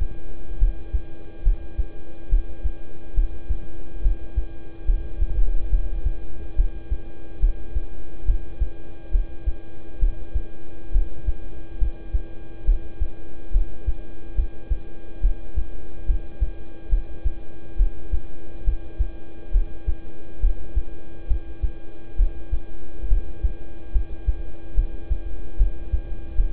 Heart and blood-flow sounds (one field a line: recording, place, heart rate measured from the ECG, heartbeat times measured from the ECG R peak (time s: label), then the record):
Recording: heart sounds by stethoscope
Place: between the tricuspid and mitral areas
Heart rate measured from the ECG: 70 bpm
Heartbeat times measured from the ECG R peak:
0.59 s: heartbeat
1.43 s: heartbeat
2.29 s: heartbeat
3.14 s: heartbeat
4.02 s: heartbeat
4.85 s: heartbeat
5.70 s: heartbeat
6.55 s: heartbeat
7.40 s: heartbeat
8.25 s: heartbeat
9.11 s: heartbeat
9.99 s: heartbeat
10.92 s: heartbeat
11.78 s: heartbeat
12.65 s: heartbeat
13.51 s: heartbeat
14.35 s: heartbeat
15.21 s: heartbeat
16.06 s: heartbeat
16.89 s: heartbeat
17.77 s: heartbeat
18.64 s: heartbeat
19.51 s: heartbeat
20.40 s: heartbeat
21.27 s: heartbeat
22.16 s: heartbeat
23.08 s: heartbeat
23.92 s: heartbeat
24.74 s: heartbeat
25.57 s: heartbeat
26.35 s: heartbeat
From the record:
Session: rest, lying down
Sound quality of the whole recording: good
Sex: male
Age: 26 years